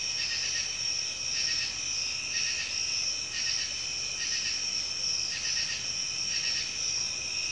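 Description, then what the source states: Insects in a dense, steady high trill, with pulsing bands that swell and fade repeatedly. Night sounds, insects mixed with cicadas.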